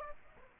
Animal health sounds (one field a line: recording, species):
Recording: mosquito wingbeat signal from an infrared sensor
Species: Aedes aegypti